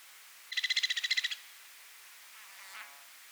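White-winged Woodpecker making a quick chattering rattle of many rapid, even notes lasting under a second, then quiet with a faint later note.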